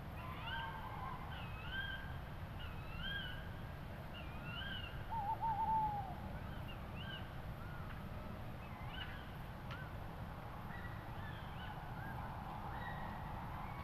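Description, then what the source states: Owl calls: a run of short, wavering, quavering notes repeated throughout, with one louder note midway, over a constant low rumble. Owls in Suffolk.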